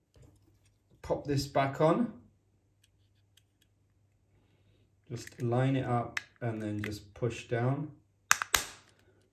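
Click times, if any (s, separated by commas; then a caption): 8.3 s, 8.5 s. Someone talks while the plastic back cover of a Jaguar smart key fob is lined up and pushed down onto the fob body after the battery change. Two sharp clicks are heard at 8.3 s and 8.6 s as the cover snaps into place and is seated.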